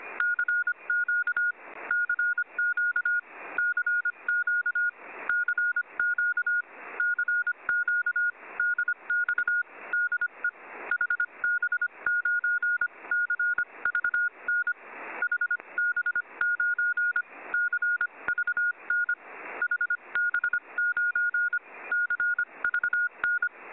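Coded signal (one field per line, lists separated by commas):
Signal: Morse code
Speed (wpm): 25 wpm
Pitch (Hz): 1440 Hz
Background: none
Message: CQ CQ CQ CQ CQ DX DE HB9CVN HB9 CVN HB9 CVN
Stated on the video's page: Archived recording of a CQ call.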